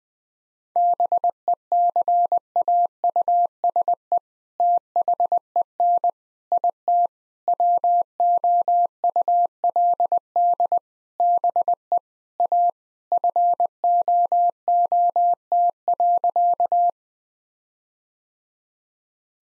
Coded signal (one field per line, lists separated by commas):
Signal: Morse code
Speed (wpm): 20 wpm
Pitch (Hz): 700 Hz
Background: none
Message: BECAUSE THEN IT WOULD BE A FOOT.